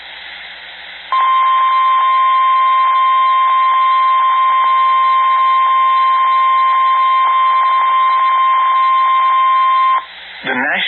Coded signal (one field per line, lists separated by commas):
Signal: Emergency Alert System (SAME) tones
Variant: 1050 Hz attention tone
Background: speech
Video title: EAS Alerts From Half Of September EAS 32 58